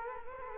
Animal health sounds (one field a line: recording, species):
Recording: mosquito wingbeat signal from an infrared sensor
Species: Culex quinquefasciatus